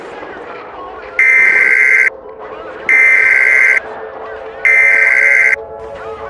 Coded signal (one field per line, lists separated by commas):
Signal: Emergency Alert System (SAME) tones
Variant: header bursts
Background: speech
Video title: EAS Scenario 6: Broken Arrow